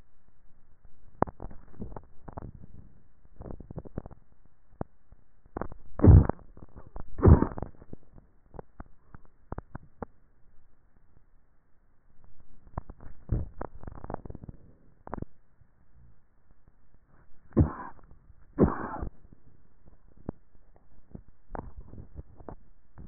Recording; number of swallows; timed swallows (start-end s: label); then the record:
swallowing sounds by neck microphone; 4
1.35-2.38 s: swallow
3.45-4.22 s: swallow
13.02-13.88 s: swallow
21.55-22.65 s: swallow
From the record:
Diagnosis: dysphagia